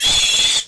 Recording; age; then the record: pig call; piglet (1 to 25 days)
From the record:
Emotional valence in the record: negative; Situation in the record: castration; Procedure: castration, cut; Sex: male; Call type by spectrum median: high-frequency call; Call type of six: high-frequency modulated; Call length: 0.68 s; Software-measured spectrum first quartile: 3276 Hz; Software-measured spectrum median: 4210 Hz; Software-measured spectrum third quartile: 7111 Hz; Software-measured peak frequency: 3416 Hz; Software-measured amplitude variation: 106 dB a second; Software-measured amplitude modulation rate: 17.0 a second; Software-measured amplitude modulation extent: 6.2 dB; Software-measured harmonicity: 3.4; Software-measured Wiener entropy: -1.94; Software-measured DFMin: 1113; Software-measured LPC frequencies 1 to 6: 867, 2646, 3417, 4126, 5614, 6654 Hz